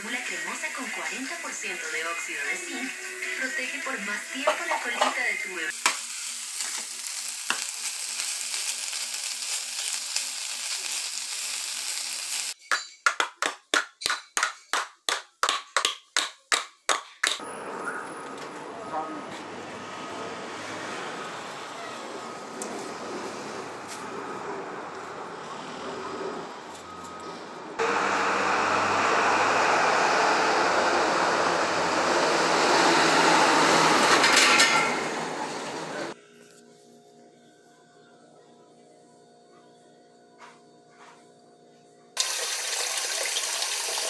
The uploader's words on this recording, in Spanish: Sonidos habituales de una casa.